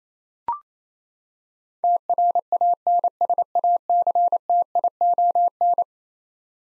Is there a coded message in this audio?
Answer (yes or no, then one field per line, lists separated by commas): yes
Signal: Morse code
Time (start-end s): 1.8-5.8 s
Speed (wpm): 27 wpm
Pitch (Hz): 700 Hz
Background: none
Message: TRANSACTION